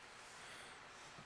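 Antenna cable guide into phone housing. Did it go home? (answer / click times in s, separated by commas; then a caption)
no / none. The notches of a plastic antenna cable guide are lined up with the two guides below it before it is pushed into the housing of a Samsung Galaxy Captivate i897 during an antenna repair. Only a steady broadband hiss with faint rustling is heard. Nothing has seated or clicked yet.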